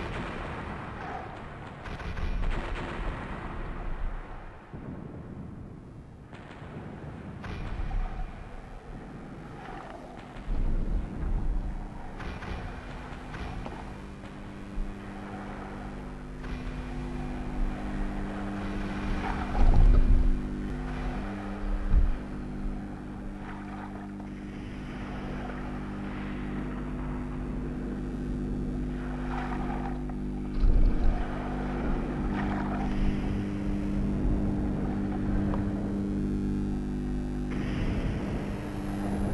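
Heavy low rumble of explosions and engines, with sharp thuds around 20 and 31 seconds and a continuous mechanical drone throughout.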